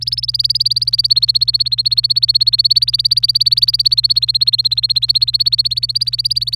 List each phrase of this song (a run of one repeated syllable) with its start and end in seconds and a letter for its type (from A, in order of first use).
0.01-6.55 A